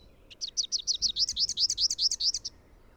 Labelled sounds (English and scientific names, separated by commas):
Rufous-capped Warbler (Basileuterus rufifrons) song